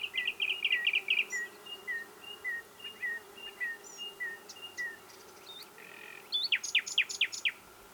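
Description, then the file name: Common nightingale song opening with a rapid trill, then a long series of soft slurred notes at a steady pace, ending with sharp, clicking high notes. "Luscinia megarhynchos"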